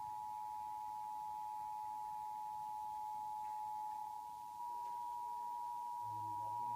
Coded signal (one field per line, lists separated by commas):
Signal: Emergency Alert System (SAME) tones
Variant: 853 and 960 Hz attention tone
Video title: KPXD EAS: HOLY COW! AGAIN FFW! EAS #9